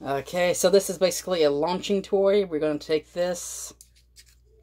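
Someone talks while handling a projectile piece meant to be pushed into a plastic fast-food launching toy until it snaps in to load it before launch. A short burst of hiss follows the speech around 3.4 s, then the clip goes nearly silent. Nothing has seated or clicked yet.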